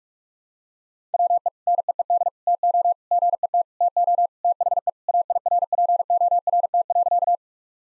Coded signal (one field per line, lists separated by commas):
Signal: Morse code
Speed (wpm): 46 wpm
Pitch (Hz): 700 Hz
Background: none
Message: WE NEED TO GET TO THE AIRPORT.